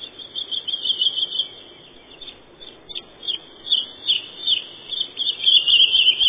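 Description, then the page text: Woodlark singing in bursts of rapid, liquid repeated notes that swell and fade, with short gaps between phrases; the sound is dull and band-limited. "Юла, или лесной жаворонок — Lullula arborea"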